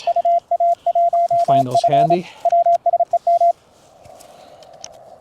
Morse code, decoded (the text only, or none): UA1F WSEM